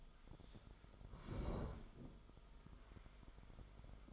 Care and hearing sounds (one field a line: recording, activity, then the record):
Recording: daily activity, microphone in the room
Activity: sit down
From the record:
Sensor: 5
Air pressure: 1005.2 hPa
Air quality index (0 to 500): 107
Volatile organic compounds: 2 ppm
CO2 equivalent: 1316 ppm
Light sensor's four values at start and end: 34/79/32/30 and 34/79/32/30